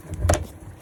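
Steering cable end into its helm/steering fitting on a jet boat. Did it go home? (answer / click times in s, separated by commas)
yes / 0.3 s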